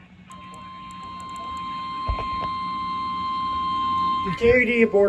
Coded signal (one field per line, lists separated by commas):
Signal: Emergency Alert System (SAME) tones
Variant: 1050 Hz attention tone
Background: speech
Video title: (Recording Cut Off due to storage shortage) Flash Flood Warning On Multiple Stations EAS#734-738